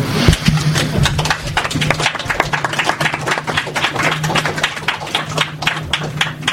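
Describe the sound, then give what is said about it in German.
Steady audience applause, a dense, continuous patter of many hands clapping at an even loudness throughout, with a faint low hum underneath and no talking. “Genießt den Applaus.”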